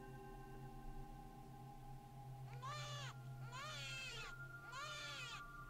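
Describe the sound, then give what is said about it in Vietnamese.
A newborn baby cries loudly outside a living room in three strained, wavering wails, each about a second long with short pauses between, over a steady low background hum. “chợt nghe tiếng khóc váng lên của một đứa trẻ sơ sinh ở bên ngoài phòng khách.”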